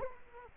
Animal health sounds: mosquito wingbeat signal from an infrared sensor; Culex quinquefasciatus

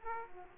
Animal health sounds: mosquito wingbeat signal from an infrared sensor; Aedes aegypti

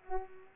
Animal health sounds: mosquito wingbeat signal from an infrared sensor; Culex pipiens

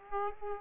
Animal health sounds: mosquito wingbeat signal from an infrared sensor; Aedes aegypti

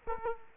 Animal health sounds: mosquito wingbeat signal from an infrared sensor; Aedes aegypti

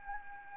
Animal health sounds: mosquito wingbeat signal from an infrared sensor; Anopheles arabiensis

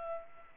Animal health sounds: mosquito wingbeat signal from an infrared sensor; Culex pipiens

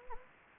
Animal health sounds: mosquito wingbeat signal from an infrared sensor; Anopheles gambiae

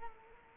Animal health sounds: mosquito wingbeat signal from an infrared sensor; Culex quinquefasciatus

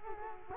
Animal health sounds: mosquito wingbeat signal from an infrared sensor; Culex quinquefasciatus

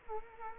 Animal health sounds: mosquito wingbeat signal from an infrared sensor; Culex quinquefasciatus

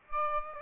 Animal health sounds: mosquito wingbeat signal from an infrared sensor; Aedes aegypti

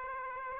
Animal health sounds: mosquito wingbeat signal from an infrared sensor; Aedes aegypti

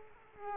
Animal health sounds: mosquito wingbeat signal from an infrared sensor; Culex quinquefasciatus

